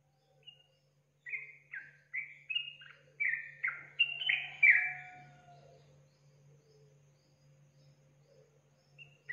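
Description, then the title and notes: Yellow-vented Bulbul song: a short series of clear, slurred chirps building to a louder bubbly flourish, then fading, with a low hum throughout. Tutor recording for training caged birds; song style called tembakan; described as a champion bird. "MASTERAN Trucukan Tembakan. trucuk juara"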